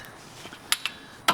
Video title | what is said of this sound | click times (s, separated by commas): 2017 Hyundai Elantra 155k Service - Oil & Oil Filter, Engine & Cabin Air Filter, Tire Rotation | so just till you hear that click | 0.7 s